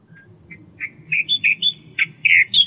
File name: suara kicauan burung kerakbasi australia. omkicau